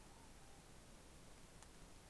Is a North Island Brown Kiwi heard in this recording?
no